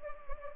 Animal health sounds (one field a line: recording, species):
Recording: mosquito wingbeat signal from an infrared sensor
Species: Anopheles arabiensis